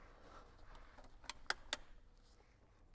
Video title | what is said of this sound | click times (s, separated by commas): How to replace Intake Pipe BMW G30 / G31 | you you hear it clicked in and | 1.5 s, 1.7 s